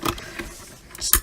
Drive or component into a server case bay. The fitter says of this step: all right look at that satisfying click now